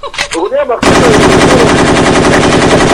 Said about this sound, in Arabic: ايوه كده ضرب نار تاني